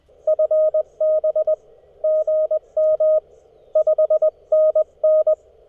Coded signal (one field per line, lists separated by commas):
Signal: Morse code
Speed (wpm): 20 wpm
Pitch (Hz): 600 Hz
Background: none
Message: FB GM 5NN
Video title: Monday Morning CW POTA at US-1540 Sleepy Hollow State Park